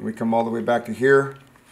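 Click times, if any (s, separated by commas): none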